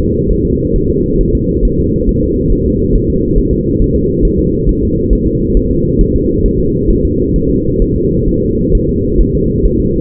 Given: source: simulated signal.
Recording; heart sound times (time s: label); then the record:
fetal heart sounds
0.31 s: S1
0.45 s: S2
0.76 s: S1
0.90 s: S2
1.21 s: S1
1.35 s: S2
1.65 s: S1
1.80 s: S2
2.09 s: S1
2.23 s: S2
2.52 s: S1
2.67 s: S2
2.96 s: S1
3.10 s: S2
3.39 s: S1
3.53 s: S2
3.82 s: S1
3.96 s: S2
4.25 s: S1
4.40 s: S2
4.69 s: S1
4.83 s: S2
5.13 s: S1
5.27 s: S2
5.57 s: S1
5.72 s: S2
6.01 s: S1
6.16 s: S2
6.46 s: S1
6.60 s: S2
6.90 s: S1
7.05 s: S2
7.36 s: S1
7.50 s: S2
7.82 s: S1
7.96 s: S2
8.28 s: S1
8.43 s: S2
8.75 s: S1
8.89 s: S2
9.21 s: S1
9.35 s: S2
9.65 s: S1
9.80 s: S2
From the record:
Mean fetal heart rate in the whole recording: 135 bpm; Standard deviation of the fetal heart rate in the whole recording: 3 bpm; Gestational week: 36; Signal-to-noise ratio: -14.7 dB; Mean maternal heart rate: 72 bpm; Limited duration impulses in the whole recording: present